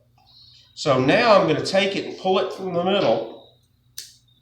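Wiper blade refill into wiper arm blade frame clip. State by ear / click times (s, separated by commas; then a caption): seated / 4.0 s. A rubber wiper refill on a Honda/Acura wiper blade is pulled from the middle so its end snaps into the locking clip at the top of the blade frame. Someone talks, then a sharp snap is heard at 4.0 s. The refill is locked in place.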